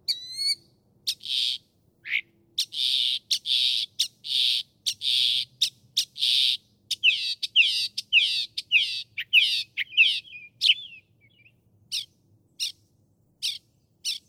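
Northern mockingbird pouring out a long varied song: thin whistles, a run of broad buzzy notes, quick slurred phrases and scattered sharp clicks.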